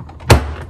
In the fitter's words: you'll hear the click as it goes in place.